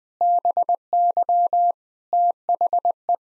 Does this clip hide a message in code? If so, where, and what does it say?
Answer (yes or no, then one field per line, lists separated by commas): yes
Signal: Morse code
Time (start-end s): 0.2-3.1 s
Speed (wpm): 20 wpm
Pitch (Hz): 700 Hz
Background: none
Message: BY THE